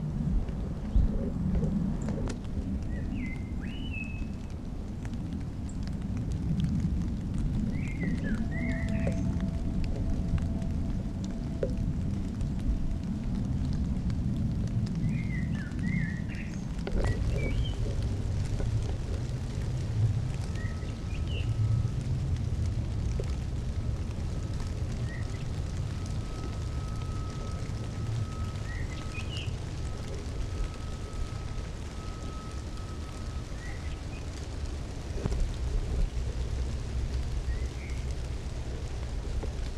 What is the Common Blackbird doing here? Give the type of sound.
song